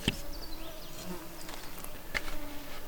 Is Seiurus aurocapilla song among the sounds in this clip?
no